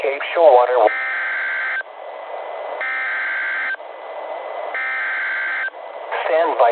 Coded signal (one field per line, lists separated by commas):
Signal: Emergency Alert System (SAME) tones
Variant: header bursts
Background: speech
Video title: EAS #431-436: 6 NWR Practice/Demos- Nov. 5, 2020